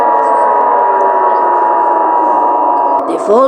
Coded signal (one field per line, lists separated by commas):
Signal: Emergency Alert System (SAME) tones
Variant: 853 and 960 Hz attention tone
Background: speech